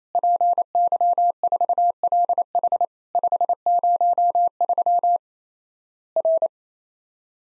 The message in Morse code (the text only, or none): PY4LH 503 R